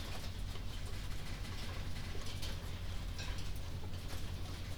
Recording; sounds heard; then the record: poultry house recording; healthy chickens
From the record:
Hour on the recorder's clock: 22